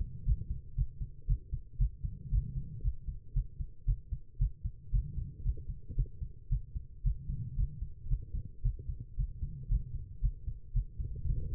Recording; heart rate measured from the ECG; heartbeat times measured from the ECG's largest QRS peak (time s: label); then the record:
heart sounds by stethoscope; 114 bpm
0.25 s: heartbeat
0.76 s: heartbeat
1.27 s: heartbeat
1.78 s: heartbeat
2.31 s: heartbeat
2.82 s: heartbeat
3.34 s: heartbeat
3.86 s: heartbeat
4.39 s: heartbeat
4.91 s: heartbeat
5.43 s: heartbeat
5.95 s: heartbeat
6.49 s: heartbeat
7.03 s: heartbeat
7.56 s: heartbeat
8.08 s: heartbeat
8.62 s: heartbeat
9.16 s: heartbeat
9.68 s: heartbeat
10.21 s: heartbeat
10.73 s: heartbeat
11.26 s: heartbeat
From the record:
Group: healthy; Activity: cold pressor test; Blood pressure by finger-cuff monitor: 115/80 mmHg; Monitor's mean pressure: 89 mmHg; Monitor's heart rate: 115 bpm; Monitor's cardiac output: 8.4 L/min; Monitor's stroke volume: 73 mL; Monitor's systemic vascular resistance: 780 dyn s/cm5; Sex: female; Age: 19 years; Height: 163 cm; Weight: 51 kg